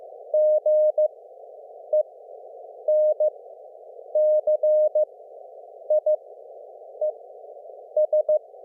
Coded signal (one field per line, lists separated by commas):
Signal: Morse code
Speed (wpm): 15 wpm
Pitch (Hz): 610 Hz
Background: none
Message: GENCIES